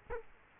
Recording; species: mosquito wingbeat signal from an infrared sensor; Culex quinquefasciatus